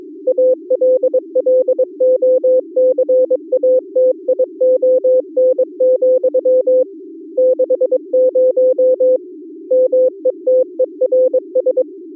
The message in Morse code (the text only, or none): ALLOCATION, 60 METERS